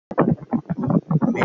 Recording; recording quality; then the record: sustained vowel as in made; moderate, slight background noise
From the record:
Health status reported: healthy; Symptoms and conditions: none ticked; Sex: male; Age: 32 years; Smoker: not ticked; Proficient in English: yes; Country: Canada